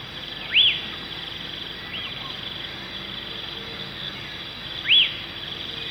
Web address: Natures Songs S America Birds of Ecuador Lesser Elaenia